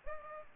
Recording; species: mosquito wingbeat signal from an infrared sensor; Aedes aegypti